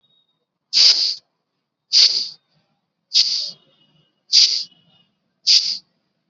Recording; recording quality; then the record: shallow breathing; excellent, no background noise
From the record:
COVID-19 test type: RT-PCR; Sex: female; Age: 21 years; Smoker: no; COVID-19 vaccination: both doses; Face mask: worn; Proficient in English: yes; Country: India